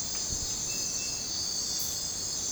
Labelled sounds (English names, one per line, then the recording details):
none
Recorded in dense forest near Puerto Asís, Putumayo, Colombia, on 22 December 2024 at 02:30
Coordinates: 0.466, -76.327
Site G075